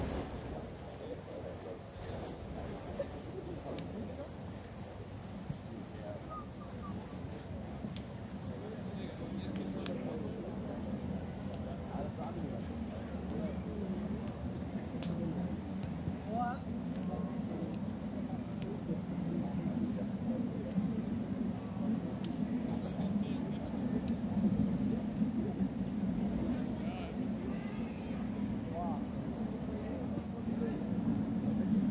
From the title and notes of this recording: The bustling scenery of Munich's famous Englischer Garten. A Sunday afternoon.